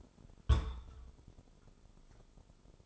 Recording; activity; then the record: daily activity, microphone in the room; place on stove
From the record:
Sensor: 5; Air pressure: 988.4 hPa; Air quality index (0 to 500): 202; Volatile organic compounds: 78 ppm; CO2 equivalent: 3591 ppm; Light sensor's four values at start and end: 47/139/55/59 and 49/143/56/62